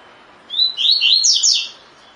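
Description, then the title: Double-collared seedeater song: a single bright, rapid phrase of high sliding notes lasting about a second. Double-collared seedeater in the "tui tui" song style; the source labels the bird "fibra". "COLEIRO DE GOLA TUI TUI FIBRA"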